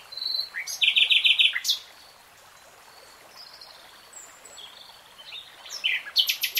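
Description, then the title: Nightingale singing a thin whistle, then a rapid metallic trill, a quiet stretch of soft notes, and a new burst of sharp repeated notes at the end. Nightingale singing in real time. "Tiếng chim hót Nightingale Singing"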